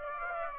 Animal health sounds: mosquito wingbeat signal from an infrared sensor; Aedes aegypti

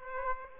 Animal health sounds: mosquito wingbeat signal from an infrared sensor; Aedes aegypti

